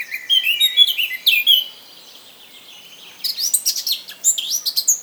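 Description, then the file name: Eurasian blackcap song: two lively warbled phrases of squeaky, fluty notes separated by a brief gap of near silence. "Sylvia atricapilla"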